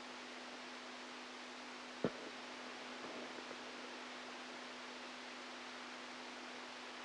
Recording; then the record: brain microelectrode recording played as sound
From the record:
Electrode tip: outside the subthalamic nucleus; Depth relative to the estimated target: 4 mm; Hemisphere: right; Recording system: NeuroSet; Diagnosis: Parkinson's disease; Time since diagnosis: 10 years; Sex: male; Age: 65 years